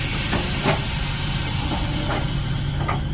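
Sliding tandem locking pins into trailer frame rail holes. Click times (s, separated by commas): 2.9 s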